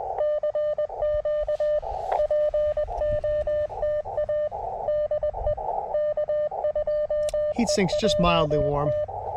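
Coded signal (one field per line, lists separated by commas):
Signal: Morse code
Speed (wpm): 20 wpm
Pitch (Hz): 600 Hz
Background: speech, radio noise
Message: CQ POTA DE K2EJT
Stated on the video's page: Morse from a slow CW POTA activation at K-2099 by a lake, using a KX2 and Gabil antenna, in difficult solar conditions.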